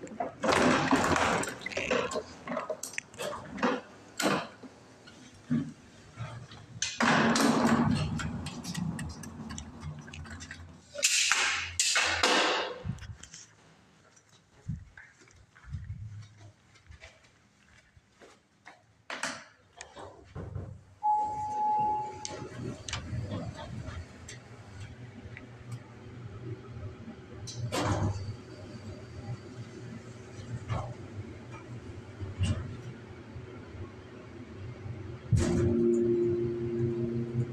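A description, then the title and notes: Elevator sounds with rustling and handling noises, loud and dense in the first twelve seconds, then sparser knocks and clicks. A short tone sounds near 21 seconds and another around 36 seconds, over a steady low hum that persists throughout. Elevator sounds, walking, trash bags and doors.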